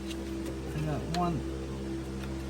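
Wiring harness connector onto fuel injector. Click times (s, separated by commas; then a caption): 1.1 s. On a 2004-2015 Nissan Titan, during a starter change, a wiring harness electrical connector is pushed onto a fuel injector while someone talks over a steady low hum. A short, sharp click at 1.1 s shows the connector has seated on the injector.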